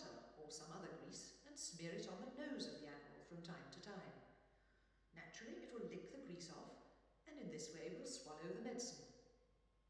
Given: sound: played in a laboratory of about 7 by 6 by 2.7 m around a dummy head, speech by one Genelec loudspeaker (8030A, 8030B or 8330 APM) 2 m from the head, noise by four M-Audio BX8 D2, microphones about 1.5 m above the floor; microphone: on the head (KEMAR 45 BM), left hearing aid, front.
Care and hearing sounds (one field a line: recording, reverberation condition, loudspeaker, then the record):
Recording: female speech in English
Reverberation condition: high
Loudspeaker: 30 degrees to the left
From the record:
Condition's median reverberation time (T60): about 1300 ms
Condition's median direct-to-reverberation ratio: about -4.0 dB